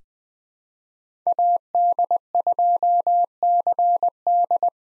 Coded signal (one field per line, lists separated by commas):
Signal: Morse code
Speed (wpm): 20 wpm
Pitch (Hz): 700 Hz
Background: none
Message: AD2CD